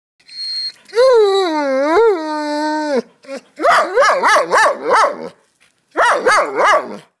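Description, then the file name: Dog giving a drawn-out, quavering whine lasting about two seconds, followed by rapid runs of sharp, high-pitched yelping barks. Whimpering and barking. "DOG WHIMPER and BARK"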